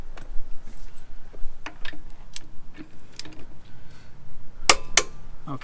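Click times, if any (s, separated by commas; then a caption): 4.7 s. A torque wrench set to 100 ft-lb tightens a steering tie rod fastener on a Mustang, with faint metallic ticks and taps around 1.7, 2.4 and 3.2 seconds. A sharp, loud click comes at 4.7 seconds, followed closely by a second strong click near 5.0 seconds. The wrench clicks as intended at its setting.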